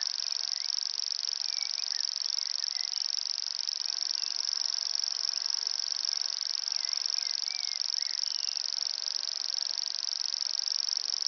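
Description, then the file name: Common grasshopper warbler delivering a steady, unbroken high-pitched reel like a ticking insect, with a few soft chirps from other birds in the background. Recorded at Ystad, Sweden, in 2011. "Gräshoppsångare - Locustella naevia-Ystad-Sweden-2011"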